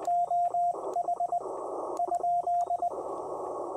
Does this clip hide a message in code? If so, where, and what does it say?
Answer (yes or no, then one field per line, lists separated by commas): yes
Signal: Morse code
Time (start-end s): 0.1-2.9 s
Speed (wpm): 20 wpm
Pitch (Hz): 700 Hz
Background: radio noise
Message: OH ?